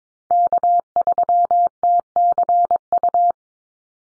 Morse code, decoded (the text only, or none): K3TCU